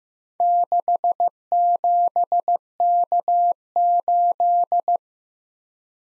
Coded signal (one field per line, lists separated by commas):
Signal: Morse code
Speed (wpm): 15 wpm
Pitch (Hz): 700 Hz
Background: none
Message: 67K8